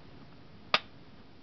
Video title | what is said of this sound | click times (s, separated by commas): Gen 4 glock see why it has a heavier trigger pull | get it to lock into place. | 0.7 s